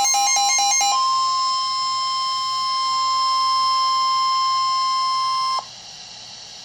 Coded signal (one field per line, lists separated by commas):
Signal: Emergency Alert System (SAME) tones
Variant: 1050 Hz attention tone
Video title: EAS Alert #336- Flash Flood Warning 6/26/13